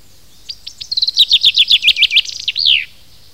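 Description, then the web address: Common chaffinch song: a rattling series of quick descending notes that speeds up and ends in a sweeping downward flourish, given once. Recorded in 2010. "2010 Penkava obecna"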